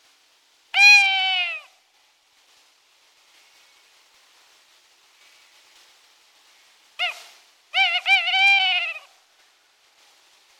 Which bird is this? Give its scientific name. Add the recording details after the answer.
Strix aluco. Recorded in the wild. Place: Buchheim im Breisgau, Baden-Württemberg, DE. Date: 1977-03-31. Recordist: Schwarz, Dieter. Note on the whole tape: Song